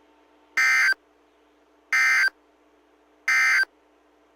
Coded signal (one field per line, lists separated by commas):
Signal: Emergency Alert System (SAME) tones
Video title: Central Texas Severe Weather Outbreak (3/22 & 3/23/21) EAS 1542-1564